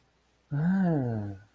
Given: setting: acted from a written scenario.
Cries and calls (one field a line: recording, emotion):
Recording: vocal sound without words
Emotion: desire